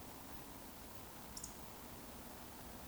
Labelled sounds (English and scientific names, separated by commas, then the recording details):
Eurasian Woodcock (Scolopax rusticola) whistle
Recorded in Baden-Württemberg, Germany, on 11 June 2020 at 20:39 UTC
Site 14569, 102 m above sea level